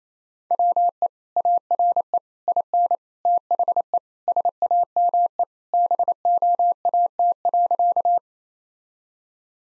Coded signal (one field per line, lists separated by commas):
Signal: Morse code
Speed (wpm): 28 wpm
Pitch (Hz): 700 Hz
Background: none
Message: WE ARE IN THE SAME BOAT.